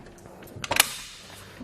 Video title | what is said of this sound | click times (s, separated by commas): etrailer - Thule Hitch Bike Racks Review - 2019 Subaru Ascent TH9042PRO | it up you hear that real positive click we don't always get that out of bike racks | 0.8 s